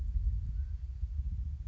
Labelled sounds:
Mountain Quail (Oreortyx pictus)
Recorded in Sonoma County, California

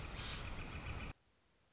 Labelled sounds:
Northern Flicker (Colaptes auratus)
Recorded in Sonoma County, California

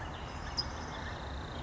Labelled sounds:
California Towhee (Melozone crissalis)
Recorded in Sonoma County, California

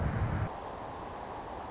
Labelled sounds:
Anna's Hummingbird (Calypte anna)
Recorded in Sonoma County, California

